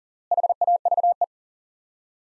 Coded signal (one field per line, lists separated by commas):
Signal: Morse code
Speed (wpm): 40 wpm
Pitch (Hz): 700 Hz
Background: none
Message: HAVE